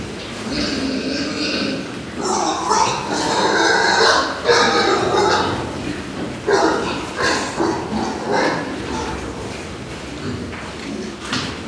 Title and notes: SBG, Mas Reig - Granja de cerdos. Mas Reig, cerdos. Ambiente en el interior de la granja